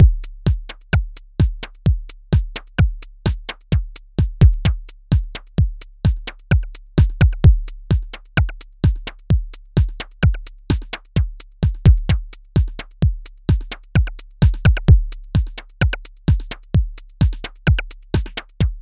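A steady train of deep, low thumps from an adult heart continues throughout, falling into a repeating lub-dub pattern with a fairly even rhythm. These are heartbeat sounds with no other noise in the background.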